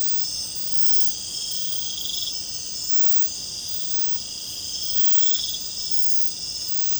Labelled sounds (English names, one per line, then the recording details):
none
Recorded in secondary vegetation near Puerto Asís, Putumayo, Colombia, on 26 December 2024 at 00:00
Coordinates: 0.499, -76.323
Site G010